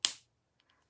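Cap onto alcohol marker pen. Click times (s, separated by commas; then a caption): 0.1 s. A cap is pressed hard onto an alcohol blending marker and clicks shut at 0.1 s with a sharp, bright snap that fades within about a quarter second. Two faint ticks follow at 0.6 s and 0.7 s. The cap is seated, sealing the pen so the alcohol does not evaporate.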